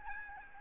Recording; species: mosquito wingbeat signal from an infrared sensor; Aedes albopictus